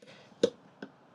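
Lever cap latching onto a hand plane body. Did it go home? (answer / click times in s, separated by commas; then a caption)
no / none. A lever cap is pressed down onto a metal hand plane body after its tension screw has been loosened. Two short, sharp knocks at 0.4 s and 0.8 s stand out over a quiet background, the first louder. Nothing has clicked shut, and the lever cap is still loose.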